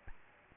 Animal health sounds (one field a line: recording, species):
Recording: mosquito wingbeat signal from an infrared sensor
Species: Aedes albopictus